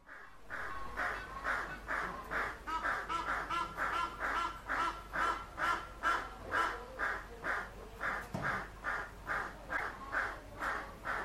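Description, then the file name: Southern crested caracara call: a long, even train of hoarse, cackling notes repeated rapidly, a little over two per second, with low background noise. Recorded at a wildlife sanctuary and monkey park; stereo audio. "Caracara plancus in World of Birds Wildlife Sanctuary and Monkey Park"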